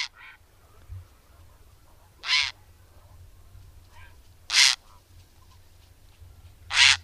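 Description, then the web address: Grey heron calling with loud, croaking, harsh squawks about every two seconds, three strong calls between fainter ones. "agykontroll Madardalok Cd 3. Szürke gém"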